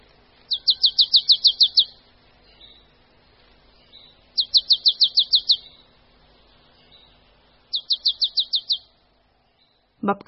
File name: Sýkora-babka